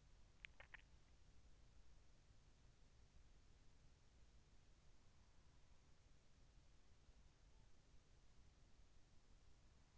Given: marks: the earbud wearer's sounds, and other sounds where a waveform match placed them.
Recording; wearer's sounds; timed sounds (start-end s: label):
sounds in sleep by an in-ear microphone; swallowing
0.00-1.29 s: swallowing